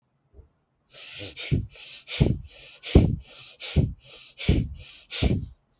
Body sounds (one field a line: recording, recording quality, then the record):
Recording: shallow breathing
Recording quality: excellent, no background noise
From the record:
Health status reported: respiratory illness, not identified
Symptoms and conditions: asthma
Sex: male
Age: 39 years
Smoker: not ticked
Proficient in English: yes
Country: India